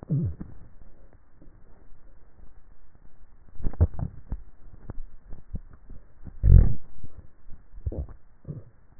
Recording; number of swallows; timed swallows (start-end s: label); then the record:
swallowing sounds by neck microphone; 3
3.62-4.90 s: swallow
5.42-6.32 s: swallow
7.62-8.95 s: swallow
From the record:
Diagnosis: dysphagia